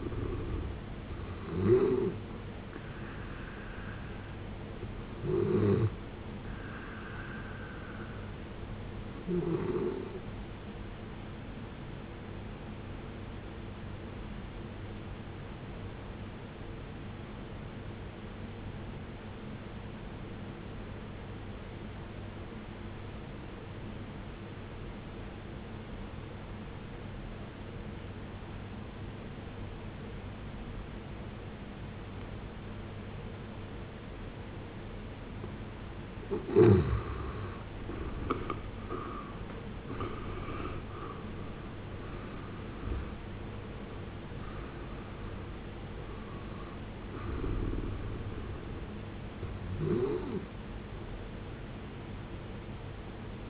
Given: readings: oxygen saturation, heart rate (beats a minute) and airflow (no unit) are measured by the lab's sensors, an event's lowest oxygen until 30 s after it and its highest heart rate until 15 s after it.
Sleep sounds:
breathing in sleep by a voice recorder at the bedside; 1
17.00-36.90 s: obstructive apnea (N1, oxygen 94% highest, then 73% lowest, heart rate 57 at the start, 80 highest)
22.00-52.00 s: new sleep stage, N2 (light sleep)
52.00-53.49 s: new sleep stage, N1 (lightest sleep)
From the record:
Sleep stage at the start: N1 (lightest sleep); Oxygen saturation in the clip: 75 to 94%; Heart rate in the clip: 53 to 80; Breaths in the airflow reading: 7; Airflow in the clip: -14.8 to 15.3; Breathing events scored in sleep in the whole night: 389 in 6.3 hours asleep

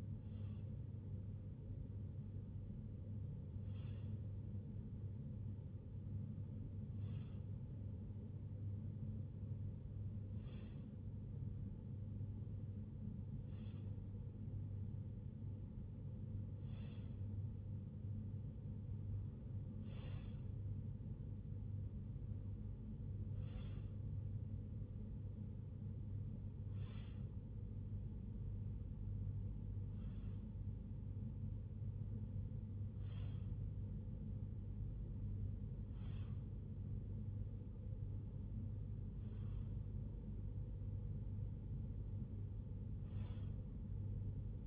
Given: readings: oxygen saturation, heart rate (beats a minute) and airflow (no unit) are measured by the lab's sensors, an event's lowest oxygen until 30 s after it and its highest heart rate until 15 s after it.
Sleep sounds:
breathing in sleep by a smartphone at the bedside; none
none scored
From the record:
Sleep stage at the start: REM sleep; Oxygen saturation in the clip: 96%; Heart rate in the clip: 62 to 68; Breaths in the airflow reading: 14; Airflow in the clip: -7.4 to 5.3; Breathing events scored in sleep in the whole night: 51 in 8.9 hours asleep

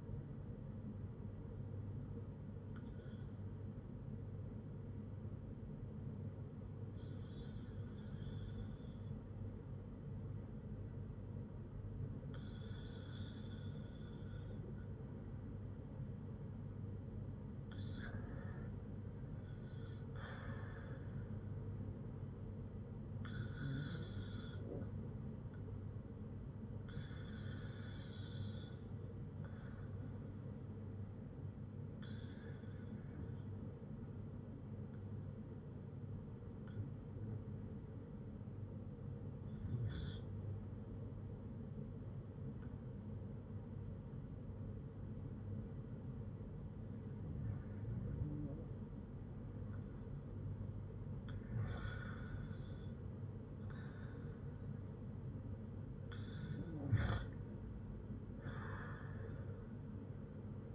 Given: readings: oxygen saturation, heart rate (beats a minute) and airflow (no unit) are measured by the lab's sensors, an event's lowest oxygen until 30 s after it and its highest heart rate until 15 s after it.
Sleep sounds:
breathing in sleep by a smartphone at the bedside; 2
3.00-23.70 s: hypopnea (REM, oxygen 97% highest, then 91% lowest, heart rate 55 at the start, 59 highest)
36.00-56.50 s: hypopnea (REM, oxygen 93% highest, then 88% lowest, heart rate 54 at the start, 63 highest)
From the record:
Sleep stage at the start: REM sleep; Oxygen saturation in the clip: 91 to 97%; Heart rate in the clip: 54 to 61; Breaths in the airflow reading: 10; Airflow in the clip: -4.5 to 5.7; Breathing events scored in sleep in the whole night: 182 in 7.4 hours asleep

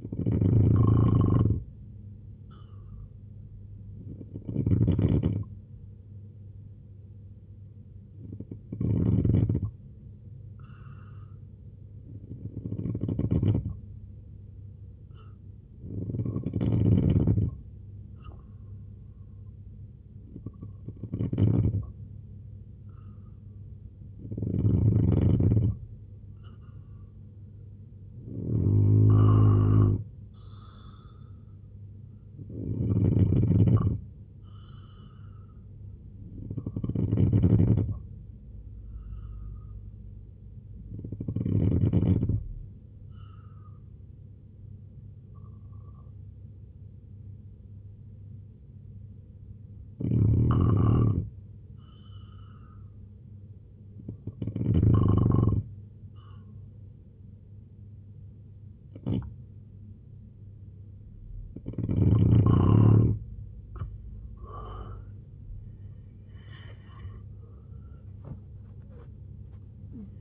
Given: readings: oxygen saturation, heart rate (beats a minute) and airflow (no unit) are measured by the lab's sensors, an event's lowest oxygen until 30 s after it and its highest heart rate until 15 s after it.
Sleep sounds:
breathing in sleep by a smartphone at the bedside; 2
9.00-26.40 s: hypopnea (N2, oxygen 92% highest, then 88% lowest, heart rate 70 at the start, 80 highest)
41.00-60.90 s: hypopnea (N2, oxygen 94% highest, then 90% lowest, heart rate 70 at the start, 101 highest)
55.00-70.21 s: new sleep stage, N1 (lightest sleep)
From the record:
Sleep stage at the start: N2 (light sleep); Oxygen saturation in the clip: 88 to 94%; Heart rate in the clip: 66 to 96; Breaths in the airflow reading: 16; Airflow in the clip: -6.1 to 6.2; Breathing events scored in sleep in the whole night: 258 in 7.4 hours asleep

